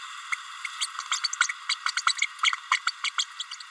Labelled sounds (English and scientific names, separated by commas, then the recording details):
Green-rumped Parrotlet (Forpus passerinus) babbling
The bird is a female
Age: 30 days
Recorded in a nest box in Venezuela
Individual 17B32A7